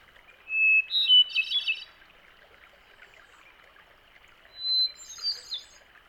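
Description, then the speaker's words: Hermit thrush song: a clear pure whistle followed by a quick, high, fluttering jumble of notes, then a second phrase starting on a higher whistle, over faint hiss. Male songs begin with a clear whistle and end in a musical jumble; each male has several songs, cycling through them before repeating. "Individual males have several different songs in their repertoire, and usually cycle through them all before repeating a pattern again."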